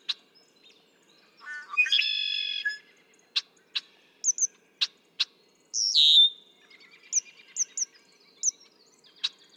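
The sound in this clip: Red-winged blackbird song: stuttered opening notes and a harsh buzzy trill, then sharp clicks, a loud slurred whistle and high chirps.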